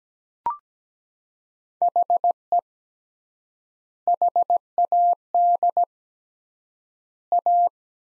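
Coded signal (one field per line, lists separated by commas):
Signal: Morse code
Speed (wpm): 17 wpm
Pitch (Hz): 700 Hz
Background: none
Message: HE HAD A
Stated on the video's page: Morse practice of three-word sets at 17 wpm with 3x word spacing, Farnsworth-like; each sent, then spoken, then sent again.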